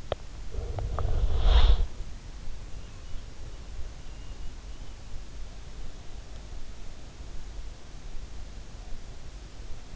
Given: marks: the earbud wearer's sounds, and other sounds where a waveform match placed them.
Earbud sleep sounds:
sounds in sleep by an in-ear microphone; teeth grinding, body movement, breath
0.00-1.20 s: teeth grinding
0.31-1.60 s: body movement
1.02-2.27 s: breath

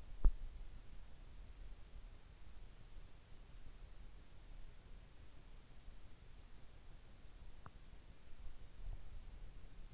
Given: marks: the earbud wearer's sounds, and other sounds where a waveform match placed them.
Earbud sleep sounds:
sounds in sleep by an in-ear microphone; teeth grinding
0.00-0.55 s: teeth grinding

